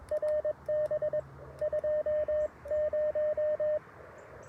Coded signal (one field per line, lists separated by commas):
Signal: Morse code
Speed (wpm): 22 wpm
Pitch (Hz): 610 Hz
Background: radio noise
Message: RB 20